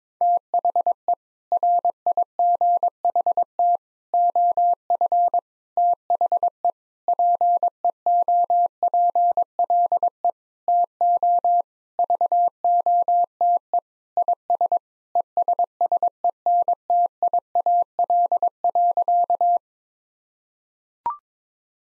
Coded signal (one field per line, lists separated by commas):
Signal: Morse code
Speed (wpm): 22 wpm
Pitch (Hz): 700 Hz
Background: none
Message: THE RIGHT OF THE PEOPLE TO VOTE IS ESSENTIAL.